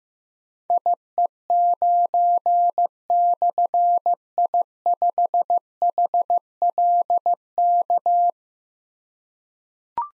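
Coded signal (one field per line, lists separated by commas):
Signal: Morse code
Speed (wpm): 15 wpm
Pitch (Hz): 700 Hz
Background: none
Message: IE9/I5HLK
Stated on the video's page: Morse drill of difficult slashed call signs at 15 wpm, each sent, then spoken, then sent again, for keyboard or pencil copy.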